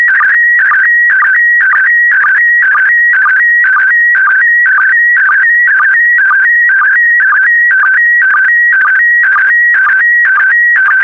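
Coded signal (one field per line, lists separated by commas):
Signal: SSTV (slow-scan television)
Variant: PD120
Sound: warbling electronic tone shifting in pitch, with short low blips about twice per second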